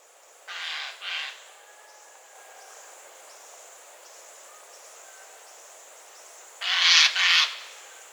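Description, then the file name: Eurasian jay screeching hoarsely in two pairs, one pair at the start and another after a quiet gap of several seconds. "Garrulus glandarius"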